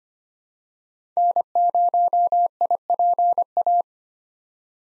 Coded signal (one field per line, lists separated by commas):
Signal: Morse code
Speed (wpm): 25 wpm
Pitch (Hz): 700 Hz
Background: none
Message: N0IPA